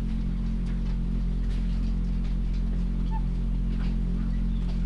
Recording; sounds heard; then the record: poultry house recording; sick chickens (respiratory disease)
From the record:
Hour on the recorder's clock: 23